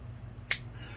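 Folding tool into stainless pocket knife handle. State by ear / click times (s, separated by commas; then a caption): seated / 0.5 s. A tool on a stainless Marbles GI Jack folding pocket knife is folded back into the handle. It snaps home with one sharp, bright click at 0.5 s over a low steady hum. The tool seats firmly in place.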